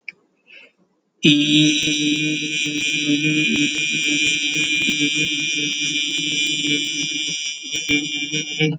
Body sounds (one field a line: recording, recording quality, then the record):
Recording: sustained vowel as in beet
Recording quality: excellent, no background noise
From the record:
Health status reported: healthy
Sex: male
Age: 25 years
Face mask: not worn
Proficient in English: yes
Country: United States